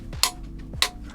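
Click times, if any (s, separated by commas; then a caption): 0.2 s, 0.8 s. A click-type torque wrench tightens the head bolts on a marine diesel engine and reaches its set torque value. Two sharp metallic clicks ring out at 0.2 and 0.8 seconds, each preceded by a faint low creak as the wrench is pulled.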